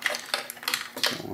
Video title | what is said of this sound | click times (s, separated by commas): How to Disassemble and Replace the Bumper Sensors on the iRobot Roomba 700 Series Part 2 | I one snapped in there | 0.3 s